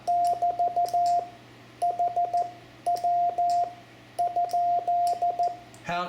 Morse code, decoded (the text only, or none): <BT> HW? E